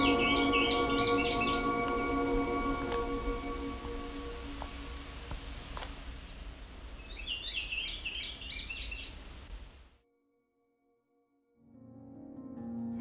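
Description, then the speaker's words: Indigo Bunting song, a phrase of paired high notes, then a second similar phrase several seconds later over droning hum, followed by a silence. Male song, lengthy and complex; common summer breeder in southern Ontario in open areas with low shrubs near woodlands; mnemonic fire, fire, where, where, here, here, put it out, put it out. "The song of the male indigo bunting is lengthy and complex and is best learned through listening and memorizing the song."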